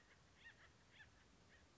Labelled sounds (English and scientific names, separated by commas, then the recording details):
Acorn Woodpecker (Melanerpes formicivorus)
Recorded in Sonoma County, California